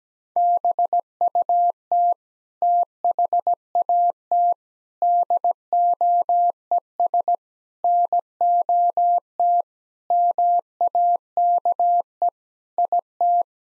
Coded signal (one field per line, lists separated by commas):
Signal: Morse code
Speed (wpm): 17 wpm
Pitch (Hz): 700 Hz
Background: none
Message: BUT THAT DOES NOT MAKE IT